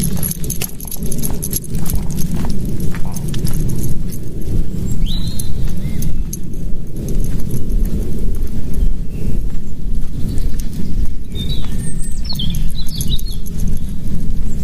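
A walk in the woods: steady low crunching footsteps throughout, with a few short bright bird chirps around five seconds and again near twelve.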